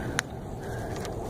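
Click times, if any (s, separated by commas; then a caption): 0.2 s. A plastic retaining clip on the back of the headlight bulb connector, on the headlight housing of a 2006–2012 Toyota RAV4, is pressed during a headlight bulb replacement. It gives one short, sharp plastic click at 0.2 s over a steady low background hum, and the connector clip releases.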